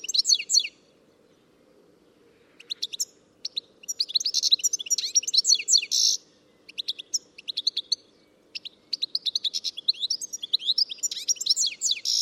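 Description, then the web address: Bird calls, rapid bursts of sharp downslurred chirps and twittering notes in clustered runs with short pauses, over a faint low hum. "Deverinetal 2025 File origin Bird Only"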